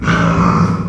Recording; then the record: squeal of a Yucatan mini pig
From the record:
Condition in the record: after surgery on the right vocal fold (resection and tissue-engineered implant); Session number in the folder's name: 16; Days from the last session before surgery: 183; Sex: female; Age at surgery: 19 weeks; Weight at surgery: 25 kg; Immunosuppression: prednisolone